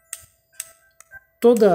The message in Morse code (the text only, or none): none